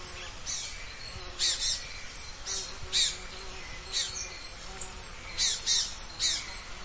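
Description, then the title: Bird giving harsh, raspy calls in short bursts at irregular intervals, over steady background noise. "LuckyPassaro Completos2Sama"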